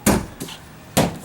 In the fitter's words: you're just going to pop those right back into place